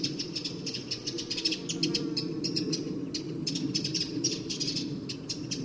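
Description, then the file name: Eurasian wren calling with clusters of sharp, high ticks, irregular and almost continuous, against a steady low rushing noise. "Troglodytes troglodytes"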